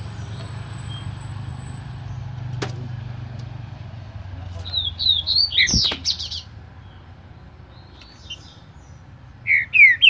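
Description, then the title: Green-winged saltator giving a burst of slurred, looping whistles, then a brief closing phrase, over a low traffic-like rumble. Singing trinca-ferro from a breeder; song type named "Voz 07" (voice 07). "Canto De Trinca Ferro Voz 07. TRINCA FERRO CANTADOR"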